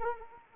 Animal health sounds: mosquito wingbeat signal from an infrared sensor; Anopheles arabiensis

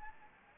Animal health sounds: mosquito wingbeat signal from an infrared sensor; Anopheles gambiae

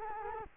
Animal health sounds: mosquito wingbeat signal from an infrared sensor; Culex quinquefasciatus

